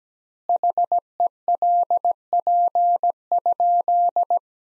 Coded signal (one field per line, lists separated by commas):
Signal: Morse code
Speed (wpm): 17 wpm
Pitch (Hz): 700 Hz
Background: none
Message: HELP?